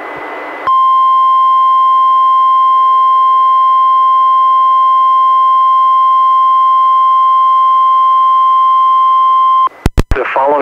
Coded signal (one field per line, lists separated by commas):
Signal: Emergency Alert System (SAME) tones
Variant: 1050 Hz attention tone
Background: speech